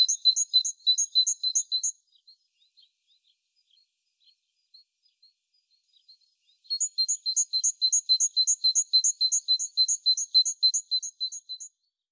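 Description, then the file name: Great tit song: a very fast, even string of thin repeated notes, then a gap with scattered soft notes, then a longer rapid series. "Parus major"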